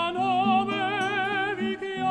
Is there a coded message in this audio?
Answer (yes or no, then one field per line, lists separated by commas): no